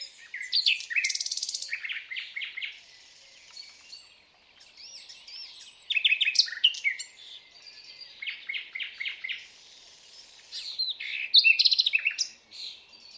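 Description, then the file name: Common nightingale song, a series of loud rapid repeated-note phrases with whistles and chirps, separated by short quiet gaps. "Luscinia megarhynchos"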